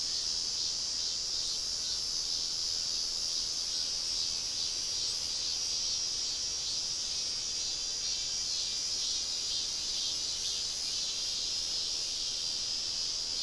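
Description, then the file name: Insects droning in a continuous, shrill, high-pitched chorus that holds at an even loudness throughout, with no other clear sounds. "mainly insect"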